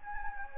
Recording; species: mosquito wingbeat signal from an infrared sensor; Anopheles gambiae